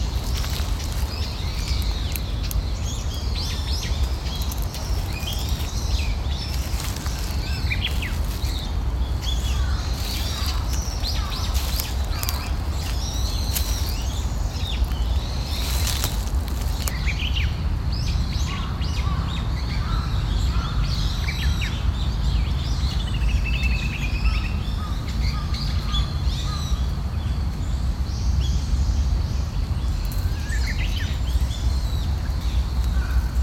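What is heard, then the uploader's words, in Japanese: Small birds chirp and twitter throughout over a steady low rush of flowing water, with occasional short clicks and rustles. 秋のウグイス。公園の朝散歩で聴こえてくる自然音。小川のせせらぎや滝のオト、小鳥のさえずりや落ち葉ふみ。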